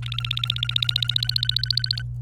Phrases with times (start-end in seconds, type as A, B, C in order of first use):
0.02-2.02 A